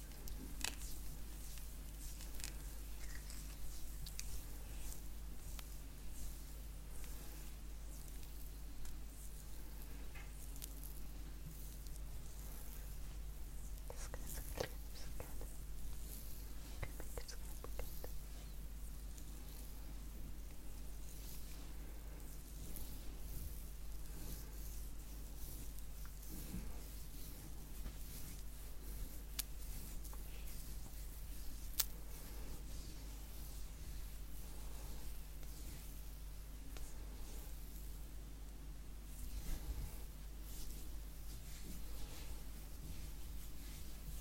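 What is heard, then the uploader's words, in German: A face massage with assorted triggers and inaudible whispering, heard as soft, steady rubbing and crackly skin sounds over a constant low hum. Small clicks and brighter scratchy touches come irregularly throughout, with a sharp tick near 32 seconds. Face massage (skincare, personal attention).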